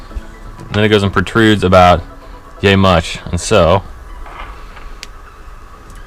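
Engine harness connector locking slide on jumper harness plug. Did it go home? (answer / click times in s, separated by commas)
yes / 5.0 s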